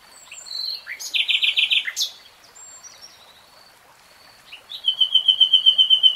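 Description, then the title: Nightingale opening softly, bursting into a fast run of notes, pausing, then a long series of high, sharp repeated notes. Nightingale singing in real time. "[Tiếng chim hót] 3 Hours REALTIME Nightingale Singing"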